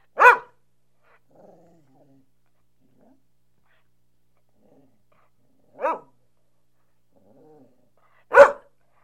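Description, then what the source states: Dog giving three single sharp barks spaced apart, with faint soft sounds between them. Medium-sized dog.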